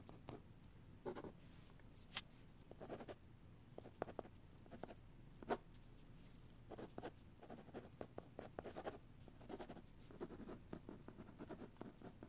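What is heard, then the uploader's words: A pen scratches across paper in quick, uneven strokes, a steady run of short scrapes and ticks over the whole twelve seconds. Some strokes come out sharper and brighter, with clusters around the middle and near the end. A low, faint hum sits underneath throughout. Pen writing.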